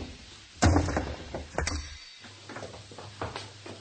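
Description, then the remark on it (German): A door locked from the inside is forced open: two heavy, booming blows with splintering cracks, followed by a string of lighter knocks and rattles as the wood gives way. “Die Tür ist von innen verriegelt. Brechen Sie sie auf.”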